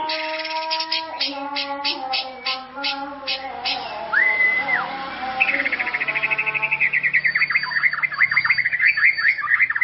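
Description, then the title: White-rumped shama song: sustained flat whistled tones, a slurred rising-falling whistle, then a fast even run of repeated chipping notes to the end. "murai batu"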